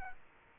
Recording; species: mosquito wingbeat signal from an infrared sensor; Culex quinquefasciatus